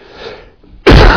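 A soft, breathy intake is followed by one sudden, loud, explosive burst that is cut off at the end. This is a single forceful cough from an adult man with a terrible throat problem.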